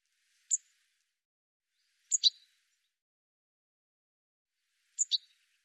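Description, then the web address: Bird calls, three high sharp chirps, the later two doubled, spaced roughly one and a half to three seconds apart, with silence between. "cianscape birddata"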